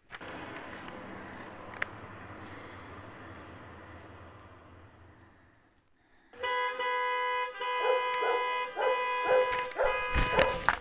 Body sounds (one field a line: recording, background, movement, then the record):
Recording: deep breathing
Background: traffic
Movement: sitting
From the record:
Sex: female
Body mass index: 25.5 kg/m2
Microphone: on the chest, facing the body